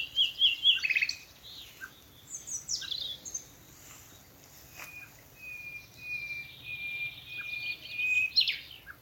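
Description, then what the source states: Common nightingale song: quick repeated whistles, then a long steady piping whistle building in a drawn-out series before a sharp closing note. Several nightingales singing in the evening as dew falls, from thickets in a wood at Alners Gorse nature reserve, Dorset, run by Butterfly Conservation.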